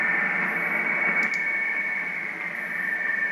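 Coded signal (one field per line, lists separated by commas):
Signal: RTTY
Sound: two close warbling tones in heavy hiss; background noise drops after about a second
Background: radio static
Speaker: RTTY mit Filter ohne [Gelächter] Filter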